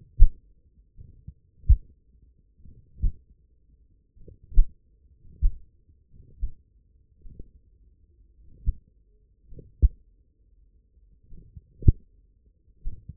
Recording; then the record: forearm muscle sounds (acoustic myography)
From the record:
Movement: hand closing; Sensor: system 1, eight BSWA MPA416 microphones around the upper forearm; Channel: 5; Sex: male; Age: 42 years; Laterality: right